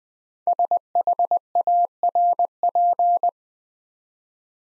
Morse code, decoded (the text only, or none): SHARP